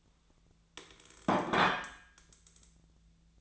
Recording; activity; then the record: daily activity, microphone in the room; place plate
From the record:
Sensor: 3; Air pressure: 1009.3 hPa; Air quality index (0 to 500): 198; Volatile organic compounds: 17 ppm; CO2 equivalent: 2567 ppm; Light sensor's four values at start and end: 34/85/36/39 and 34/85/36/39